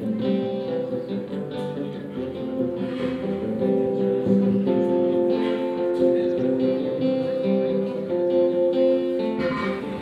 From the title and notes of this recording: Mondoñedo Square. A local busker, espressos and napolitanas, the comings and goings of a town plaza. Ambient sound recorded along del Norte, the northern coastal route of the Camino de Santiago network of pilgrimage paths converging in Spain. These tiny meditations are made with binaural microphones, creating an immersive hyper-realistic listening experience.